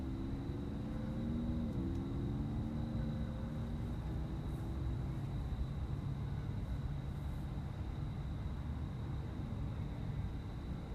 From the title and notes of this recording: Standing outside the AMC Carolina Pavilion 22 movie theater on South Boulevard. Crickets, cars and a goose.